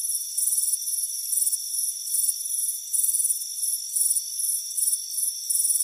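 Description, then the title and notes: Cricket chirps in quick high trilled bursts, irregularly spaced, layered over a constant thin whine of other insects. Crickets chirping on a warm afternoon on a front porch. "Soothing Crickets Chirping Sound. Deep Sleep Sounds"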